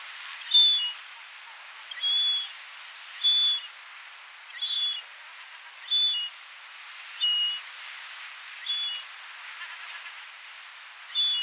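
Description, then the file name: Yellow-legged gull calling with short, clear whistled notes at uneven intervals of about one to two and a half seconds, over a soft hissing background. Cries of a young bird. "Goéland leucophée (Larus michahellis) - Cris d un jeune oiseau (Cédric Mroczko)"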